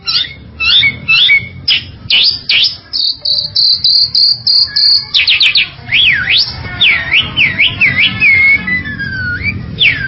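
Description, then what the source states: Bird song opens with sharp chirps and a steady buzzy trill, then moves into looping whistled notes that rise and fall. Complete birdsong.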